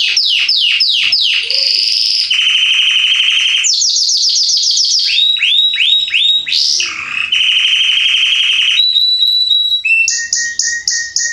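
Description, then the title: Belgian canary song, a continuous run of rapid trills and rolling phrases shifting between high buzzy notes and lower whistled segments, changing pattern every second or two. Male Belgian canary singing a lot, Salsa Estourado style; recording used to warm up young canaries in 30 minutes. "Esquente Seu Filhote E Canario Belga Em 30 Minutos Macho Cantando Muito. Canrio Belga Salsa Estourado - Esquente em 30 minutos"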